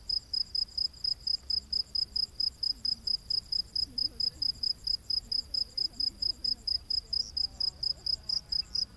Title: Crickets of the Rainforest 🌿. Exotic Insect Orchestra